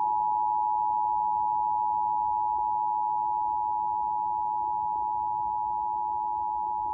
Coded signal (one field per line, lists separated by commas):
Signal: Emergency Alert System (SAME) tones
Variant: 853 and 960 Hz attention tone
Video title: Texas Required Monthly Tests for September on KDFW-TV and KDAF-TV (EAS #223-224)